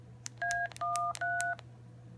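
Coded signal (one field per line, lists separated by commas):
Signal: DTMF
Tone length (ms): 320 ms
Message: A13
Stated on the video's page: Tones from a 446.150 repeater system.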